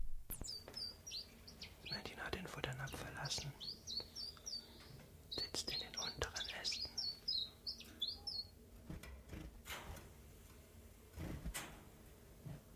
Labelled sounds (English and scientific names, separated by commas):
Common Chiffchaff (Phylloscopus collybita)